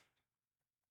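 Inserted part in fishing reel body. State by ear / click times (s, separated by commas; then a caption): not seated / none. An inserted internal part in the body of a Quantum Iron IR3 fishing reel is handled during teardown and greasing, with the reel handle being turned while a finger holds the part so that it will pop into place flush. A brief bright tick opens the clip, followed by faint light ticks near 0.2, 0.6 and 0.8 seconds over a quiet background. Nothing has seated or clicked yet; the part has not popped into place.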